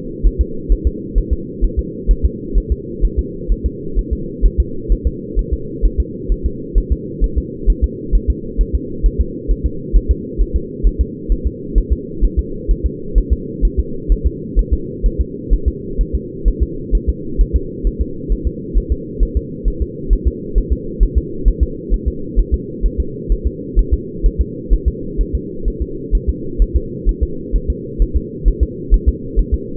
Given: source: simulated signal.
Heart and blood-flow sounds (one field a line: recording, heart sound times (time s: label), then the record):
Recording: fetal heart sounds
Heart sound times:
0.27 s: S1
0.41 s: S2
0.72 s: S1
0.87 s: S2
1.18 s: S1
1.33 s: S2
1.64 s: S1
1.79 s: S2
2.11 s: S1
2.25 s: S2
2.58 s: S1
2.72 s: S2
3.05 s: S1
3.19 s: S2
3.52 s: S1
3.66 s: S2
3.99 s: S1
4.13 s: S2
4.46 s: S1
4.60 s: S2
4.92 s: S1
5.07 s: S2
5.39 s: S1
5.53 s: S2
5.85 s: S1
6.00 s: S2
6.32 s: S1
6.46 s: S2
6.78 s: S1
6.92 s: S2
7.24 s: S1
7.38 s: S2
7.70 s: S1
7.84 s: S2
8.15 s: S1
8.30 s: S2
8.61 s: S1
8.75 s: S2
9.06 s: S1
9.21 s: S2
9.51 s: S1
9.66 s: S2
9.96 s: S1
10.11 s: S2
10.42 s: S1
10.56 s: S2
10.87 s: S1
11.01 s: S2
11.32 s: S1
11.47 s: S2
11.78 s: S1
11.93 s: S2
12.24 s: S1
12.39 s: S2
12.71 s: S1
12.86 s: S2
13.18 s: S1
13.33 s: S2
13.65 s: S1
13.80 s: S2
14.12 s: S1
14.26 s: S2
14.59 s: S1
14.74 s: S2
15.06 s: S1
15.21 s: S2
15.53 s: S1
15.68 s: S2
16.01 s: S1
16.15 s: S2
16.48 s: S1
16.63 s: S2
16.95 s: S1
17.09 s: S2
17.41 s: S1
17.56 s: S2
17.87 s: S1
18.02 s: S2
18.32 s: S1
18.47 s: S2
18.78 s: S1
18.92 s: S2
19.23 s: S1
19.37 s: S2
19.68 s: S1
19.82 s: S2
20.13 s: S1
20.27 s: S2
20.58 s: S1
20.73 s: S2
21.03 s: S1
21.18 s: S2
21.48 s: S1
21.63 s: S2
21.94 s: S1
22.08 s: S2
22.39 s: S1
22.54 s: S2
22.86 s: S1
23.00 s: S2
23.32 s: S1
23.47 s: S2
23.79 s: S1
23.94 s: S2
24.26 s: S1
24.41 s: S2
24.73 s: S1
24.88 s: S2
25.21 s: S1
25.35 s: S2
25.68 s: S1
25.82 s: S2
26.15 s: S1
26.30 s: S2
26.62 s: S1
26.77 s: S2
27.09 s: S1
27.23 s: S2
27.56 s: S1
27.70 s: S2
28.02 s: S1
28.17 s: S2
28.48 s: S1
28.63 s: S2
28.94 s: S1
29.09 s: S2
29.39 s: S1
29.54 s: S2
From the record:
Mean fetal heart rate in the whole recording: 130 bpm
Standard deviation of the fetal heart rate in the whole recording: 2 bpm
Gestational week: 36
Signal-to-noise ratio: -4.3 dB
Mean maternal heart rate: 72 bpm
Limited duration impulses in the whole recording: absent